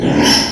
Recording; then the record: squeal of a Yucatan mini pig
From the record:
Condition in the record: before surgery on the right vocal fold (resection and tissue-engineered implant); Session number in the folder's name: 2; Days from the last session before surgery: 0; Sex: male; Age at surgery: 12 weeks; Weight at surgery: 13 kg